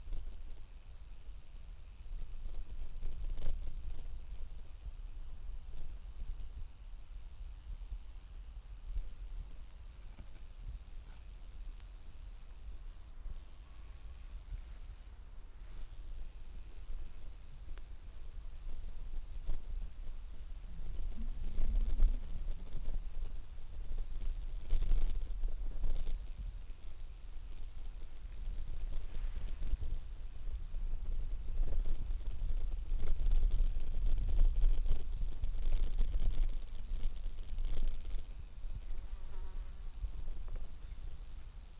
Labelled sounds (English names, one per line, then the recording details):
Roesel's Bush-cricket stridulation
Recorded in the wild
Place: Botanische Anlage Blankenfelde, Berlin, DE
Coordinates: 52.603, 13.4
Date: 1996-08-24 13:24
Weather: heiter, teilweise Gewitter, 24°C
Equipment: Sony MD-WM MZ-R3, Sennheiser ME 80, Kopie Uher 4000 Report Monitor
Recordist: Tembrock, Günter